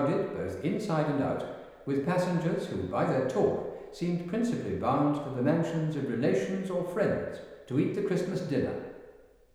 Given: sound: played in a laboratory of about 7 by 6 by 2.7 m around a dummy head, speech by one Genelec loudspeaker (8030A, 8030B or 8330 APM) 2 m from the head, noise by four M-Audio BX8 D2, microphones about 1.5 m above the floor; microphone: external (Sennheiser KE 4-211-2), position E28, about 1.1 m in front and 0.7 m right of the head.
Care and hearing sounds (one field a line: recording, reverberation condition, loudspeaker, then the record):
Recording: male speech in English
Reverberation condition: high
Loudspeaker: 60 degrees to the right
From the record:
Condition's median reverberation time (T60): about 1300 ms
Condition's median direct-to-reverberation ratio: about -4.0 dB